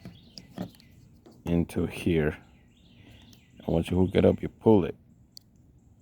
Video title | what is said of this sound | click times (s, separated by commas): Wipers replacement | and it sure you should hear a click | 5.4 s